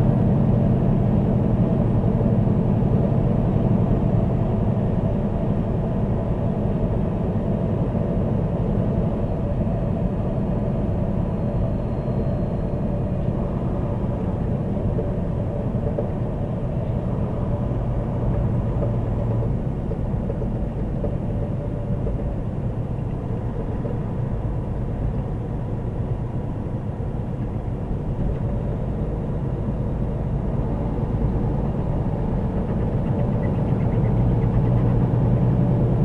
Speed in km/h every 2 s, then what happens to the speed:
106, 106, 108, 106, 106, 106, 103, 101, 97, 93, 90, 89, 87, 84, 84, 84, 89, 92.
0-10 steady at about 106. 10-26 slows to 84. 30-36 speeds up to 92.